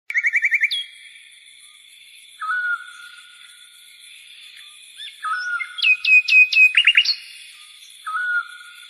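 Bird calls: a rapid opening trill, separate whistled notes, then a cluster of sharp rising chirps and a final whistle, over continuous thin tones.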